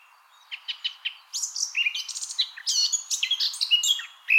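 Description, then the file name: Eurasian blackcap song opening with a few separate chips, then breaking into a loud, tumbling warble of fluty and scratchy phrases. "Sylvia atricapilla"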